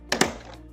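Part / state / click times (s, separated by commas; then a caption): folding tray bracket into tool box side mount / seated / 0.1 s. The bracket of a folding side tray is slid up into a 3D-printed mount on the side of a Milwaukee Packout tool box, the top is dropped down, and it locks in place with a sharp click at 0.1 s. A second, louder snap follows at 0.2 s, then the sound fades. The tray is seated, with the click's tension set by a set screw.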